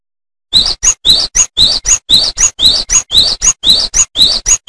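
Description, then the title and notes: Songbird giving sharp, high chirps in a fast, even series, alternating longer and shorter notes, many notes in a few seconds. Bird song from Indonesia. "Kicau Burung Indonesia"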